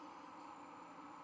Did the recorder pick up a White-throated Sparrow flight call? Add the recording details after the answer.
no. No flight call is heard. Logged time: 22:30 on 11 November 2014